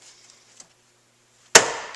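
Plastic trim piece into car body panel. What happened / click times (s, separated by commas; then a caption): The plastic trim clip popped into its hole / 1.6 s. A plastic interior trim piece is pressed into its mounting hole in a car body panel. After a faint tap at 0.6 s, a sharp, loud pop at 1.6 s rings out broadly and decays. The trim clip pops in and is seated.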